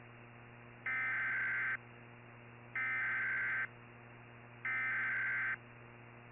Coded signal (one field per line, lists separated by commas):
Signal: Emergency Alert System (SAME) tones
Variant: header bursts